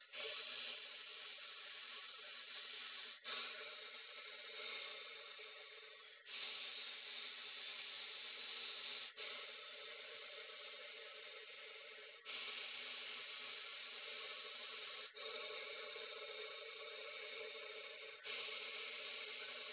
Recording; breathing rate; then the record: paced breathing near a phone; 10 breaths a minute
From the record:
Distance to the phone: 20 cm